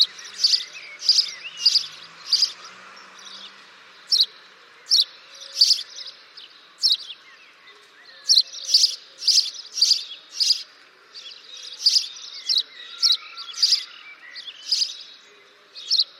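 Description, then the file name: House sparrow chirping: bright, short chirps repeated in loose bursts, sometimes in quick runs of three or four, with faint softer twittering between them. "Passer domesticus"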